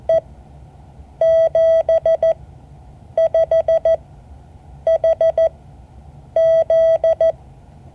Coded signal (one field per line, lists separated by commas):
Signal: Morse code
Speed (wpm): 14 wpm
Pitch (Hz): 650 Hz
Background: none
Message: E 75HZ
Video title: Morse code class 2024-08-04 (7 of 12)